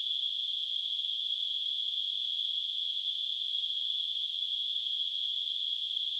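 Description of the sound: Simulated tinnitus: a steady, unbroken high-pitched ringing hiss, a narrow band of noise centred near 3 kHz with faint spread above it and nothing in the low frequencies. The level stays constant throughout.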